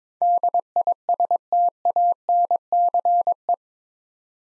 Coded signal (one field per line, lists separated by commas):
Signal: Morse code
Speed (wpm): 22 wpm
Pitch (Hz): 700 Hz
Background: none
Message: DISTANCE